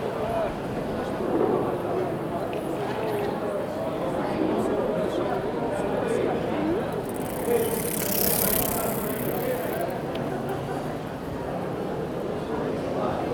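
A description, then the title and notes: A small town square is filled with a steady murmur of many voices talking at once, dense with no pauses. A brief hiss of high sound rises around eight seconds, and faint clopping footsteps or hoof-like taps show through the chatter. La Piazza Piccola - Sassuolo.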